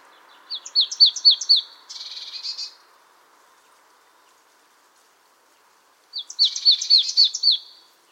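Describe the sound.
Marsh tit calls: a quick run of sharp, high, down-slurred notes, then a harsh buzzy phrase, and after a silent pause another rapid burst of bright notes.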